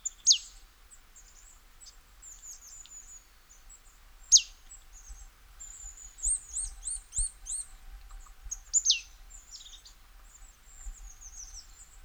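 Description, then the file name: Marsh tit with a few loud, sharp, falling call notes, amid a busy scatter of softer high twittering notes. "Poecile palustris"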